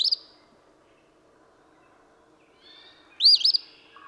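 Eastern phoebe giving one full raspy two-part song phrase after a clipped fragment, then a brief low note, over quiet background.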